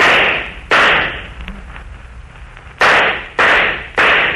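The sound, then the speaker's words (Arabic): Five loud, sharp gunshots from guards firing at a crowd ring out with echoing tails, two in quick succession, then a pause before three more in a steady cluster. No voices are heard. “حراس اضربوا فيهم نار، اطلقوا عليهم رصاص.”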